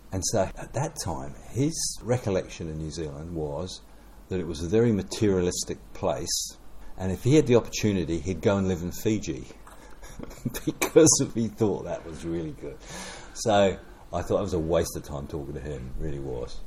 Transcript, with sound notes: And so at that time, his recollection of New Zealand was that it was a very materialistic place, and if he had the opportunity he’d go and live in Fiji, [chuckle] because he thought that was really good. So I thought that was a waste of time talking to him – really was.